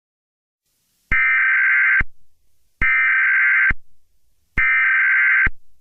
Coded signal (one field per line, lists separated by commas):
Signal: Emergency Alert System (SAME) tones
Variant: header bursts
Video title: EAS Scenario #16: Moby Dick